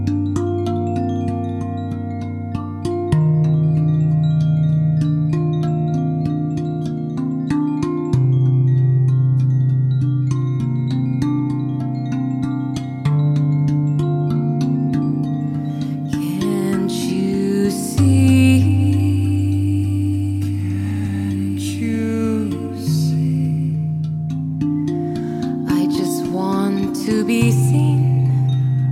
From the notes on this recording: sound bath